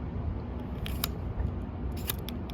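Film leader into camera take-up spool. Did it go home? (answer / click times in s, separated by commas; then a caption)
no / none. Film is loaded into an Olympus Stylus Zoom compact point-and-shoot film camera and the back is closed, so the auto-advance can draw the film leader onto the take-up spool. Two brief sharp mechanical ticks, near 1.0 s and 2.1 s, stand out over a steady low rumble. The leader does not catch, and nothing has seated or clicked into place yet.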